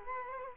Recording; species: mosquito wingbeat signal from an infrared sensor; Culex quinquefasciatus